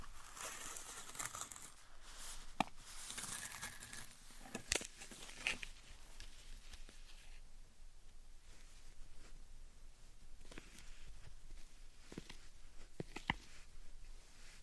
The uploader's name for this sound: Satisfying Slime Sand Triggers